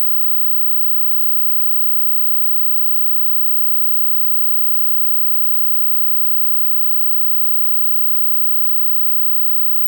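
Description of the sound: A steady, unbroken hiss like static, slightly stronger around a mid-high band, holds without change for about ten seconds. It is a simulation of noise-type tinnitus, the constant rushing sound some people hear in the ears.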